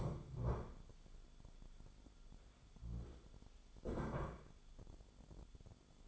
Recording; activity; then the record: daily activity, microphone in the room; stand up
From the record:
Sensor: 5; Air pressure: 1015.3 hPa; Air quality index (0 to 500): 194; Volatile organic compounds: 8 ppm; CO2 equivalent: 2105 ppm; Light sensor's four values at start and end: 35/81/32/31 and 35/80/32/31